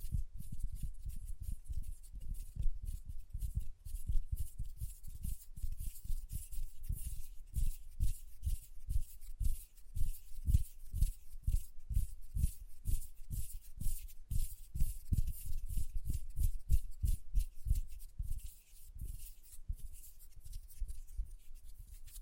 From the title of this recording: Hand Sounds, Nail Tapping and Lotion Sounds